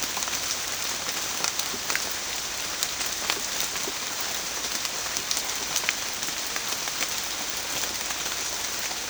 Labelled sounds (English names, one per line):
none